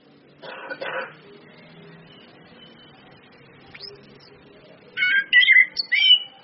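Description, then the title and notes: Orange-headed thrush song: quick sweeping whistled notes near the end, after a rough burst early and a quiet gap. Indonesian bird-training lure with continuous song (ngeplong) and female calls (suitan betina), meant to make birds sing steadily (gacor). "PANCINGAN anis kembang ngeplong dan SUITAN BETINA. Masteran Anis Kembang"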